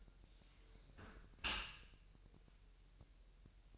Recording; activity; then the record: daily activity, microphone in the room; close dishwasher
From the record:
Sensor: 2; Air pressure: 1000.5 hPa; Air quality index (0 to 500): 245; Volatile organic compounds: 89 ppm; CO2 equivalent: 3681 ppm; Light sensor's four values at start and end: 9/21/9/9 and 9/22/9/9